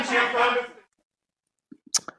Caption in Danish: Man kan høre, at han hoster lige efter, han holder sådan sin store blok op foran sig og hoster.